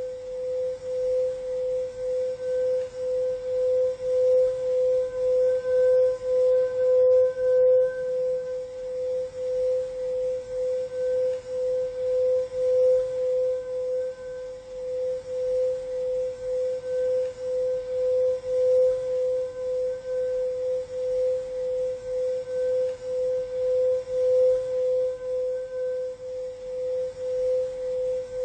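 A meditation singing bowl hums a steady mid-pitched tone for the whole clip, pulsing gently in a slow regular wobble, with faint higher overtones.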